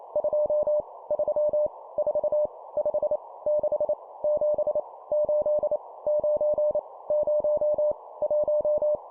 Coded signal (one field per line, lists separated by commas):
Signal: Morse code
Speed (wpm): 28 wpm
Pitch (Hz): 600 Hz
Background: none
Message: 2 3 4 5 6 7 8 9 0 1